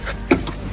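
A leather door panel on a Mk. 4 Volkswagen Jetta is pressed onto the door so its intact plastic retaining clips push into the holes in the door frame. A sharp snap at 0.3 s marks a clip seating into the door, followed by a fainter click at 0.5 s. The clip is seated.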